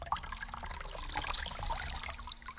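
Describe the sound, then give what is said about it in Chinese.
Soft, continuous water sounds echoing over the mist-shrouded Jade Pool (Yaochi), a steady gurgling trickle with light splashy detail and a low murmur underneath, holding an even, moderate level throughout with no voices. “朦胧的水声回荡在烟波缭绕的瑶池之上，各式药香混杂着莲花的气息，融合成一股馥郁的靡靡之香。”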